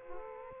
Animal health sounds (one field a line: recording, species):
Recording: mosquito wingbeat signal from an infrared sensor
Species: Aedes aegypti